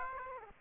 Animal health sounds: mosquito wingbeat signal from an infrared sensor; Aedes aegypti

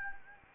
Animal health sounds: mosquito wingbeat signal from an infrared sensor; Anopheles gambiae

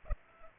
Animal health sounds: mosquito wingbeat signal from an infrared sensor; Culex pipiens

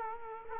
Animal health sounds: mosquito wingbeat signal from an infrared sensor; Culex quinquefasciatus

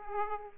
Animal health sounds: mosquito wingbeat signal from an infrared sensor; Aedes aegypti

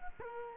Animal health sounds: mosquito wingbeat signal from an infrared sensor; Culex quinquefasciatus

